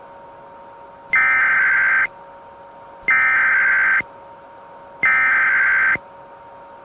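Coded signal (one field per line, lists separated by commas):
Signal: Emergency Alert System (SAME) tones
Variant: header bursts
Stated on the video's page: Fictional EAS scenario made with generative AI voices.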